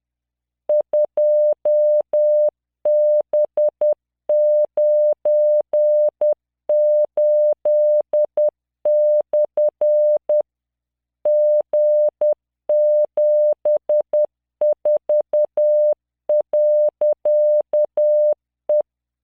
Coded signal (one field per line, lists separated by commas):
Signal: Morse code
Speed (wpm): 10 wpm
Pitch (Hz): 600 Hz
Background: none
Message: 2B98/ G74.E